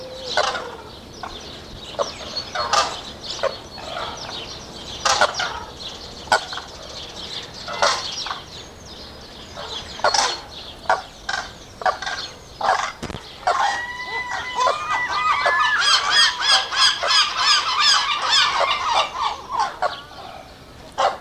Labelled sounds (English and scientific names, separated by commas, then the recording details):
Blue Crane (Grus paradisea) call
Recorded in captivity
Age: adult
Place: Zoo Berlin, Berlin, DE
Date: 1986-05-02 11:00
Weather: sonnig, 17°C
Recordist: Tembrock, Günter